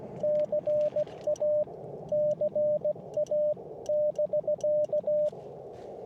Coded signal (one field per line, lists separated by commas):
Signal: Morse code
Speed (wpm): 16 wpm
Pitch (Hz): 600 Hz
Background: radio noise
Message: CA CA <BK>